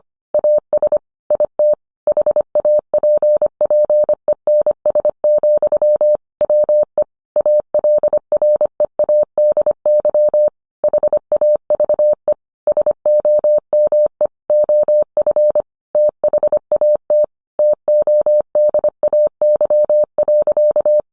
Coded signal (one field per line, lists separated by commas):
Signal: Morse code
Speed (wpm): 25 wpm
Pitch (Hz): 600 Hz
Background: none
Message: AS IT HAPPENS, WE ALREADY HAVE SOME OF THAT TODAY.